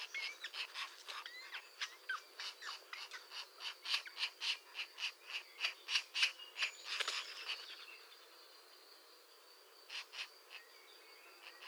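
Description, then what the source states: European green woodpecker, fast rattling series of sharp clicks for several seconds, then quiet with a few isolated knocks later. A pair active at the nest.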